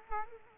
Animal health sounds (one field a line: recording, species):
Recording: mosquito wingbeat signal from an infrared sensor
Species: Culex quinquefasciatus